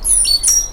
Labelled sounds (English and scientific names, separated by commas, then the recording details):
Stitchbird (Notiomystis cincta) song
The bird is a male
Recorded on Tiritiri Matangi Island, New Zealand, in 2005
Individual 1, of nest box 1